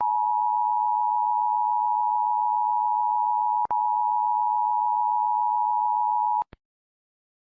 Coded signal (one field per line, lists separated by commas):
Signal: Emergency Alert System (SAME) tones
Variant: 853 and 960 Hz attention tone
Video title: eas alarm on @spikeytoons1991